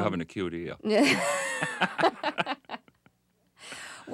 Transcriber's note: laughter